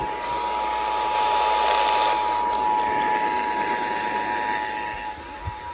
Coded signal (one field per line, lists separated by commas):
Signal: Emergency Alert System (SAME) tones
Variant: 853 and 960 Hz attention tone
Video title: Last Louisiana Monthly Test in 2023! EAS alerts from 12/11/2023 [EAS #1,975 - #1,984]